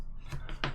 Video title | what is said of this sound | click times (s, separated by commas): Inception RIP hinge frame step by step assembly | it come across and snap into place check that it slides and snaps back and forth that | 0.6 s